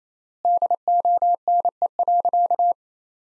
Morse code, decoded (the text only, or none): DONE.